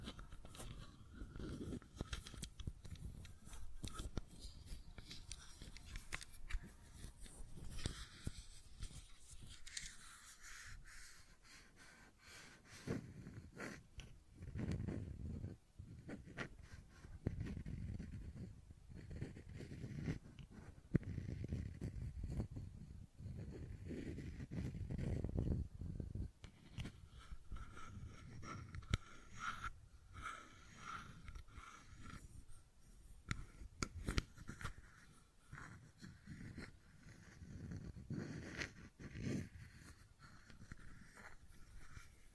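Fidget cube tapping and clicking runs throughout, a dense, uneven stream of short sharp clicks with no steady rhythm. Soft low thuds swell in clusters around 15, 20, 25 and 38 seconds, and a faint hiss sits underneath.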